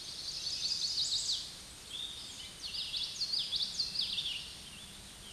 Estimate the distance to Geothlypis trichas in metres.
about 20 m